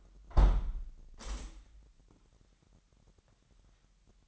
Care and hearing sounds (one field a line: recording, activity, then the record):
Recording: daily activity, microphone in the room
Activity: close window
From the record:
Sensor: 3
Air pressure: 998.0 hPa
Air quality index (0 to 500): 140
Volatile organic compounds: 4 ppm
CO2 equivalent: 1676 ppm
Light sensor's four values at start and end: 14/41/16/15 and 14/41/17/15